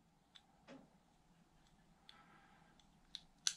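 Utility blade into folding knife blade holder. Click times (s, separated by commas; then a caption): 3.2 s, 3.5 s. A replacement blade is pushed into the blade holder of a budget, lightweight Gerber EDGE clip folding utility knife until it locks. Faint small ticks and rustling come first, then two sharp clicks at 3.2 s and 3.5 s as the blade snaps in place and is seated.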